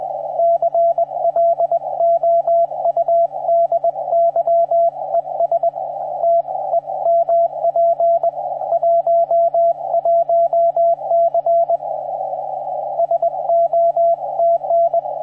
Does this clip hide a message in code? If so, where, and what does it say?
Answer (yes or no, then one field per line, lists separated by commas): yes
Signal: Morse code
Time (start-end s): 0.4-15.0 s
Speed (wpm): 21 wpm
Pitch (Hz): 680 Hz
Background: radio noise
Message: CLOUDY ES TEMP 11C SO TN